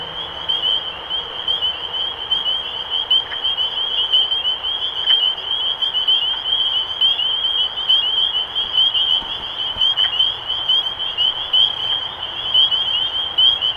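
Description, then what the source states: Chorus of spring peepers, shrill upward peeps overlapping continuously with a few soft clicks and knocks scattered through. Recorded 23 March 2012.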